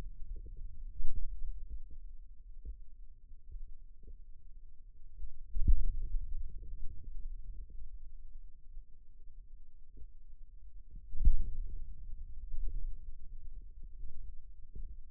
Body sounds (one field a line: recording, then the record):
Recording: forearm muscle sounds (acoustic myography)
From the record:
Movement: pen grasping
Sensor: system 2, bracelet of six BSWA MPA416 microphones around the upper forearm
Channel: 2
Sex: male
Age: 22 years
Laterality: right